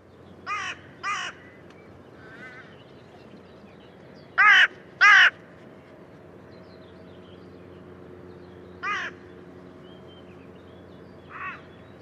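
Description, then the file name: Carrion crow cawing in hoarse, harsh caws, two pairs and two single caws, with one fainter caw early on. "Corvus corone"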